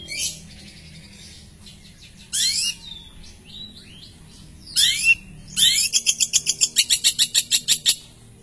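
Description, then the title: Long-tailed shrike giving a few harsh, rising squawks, then a quick rattling series of clipped ticking notes near the end. "Cendet"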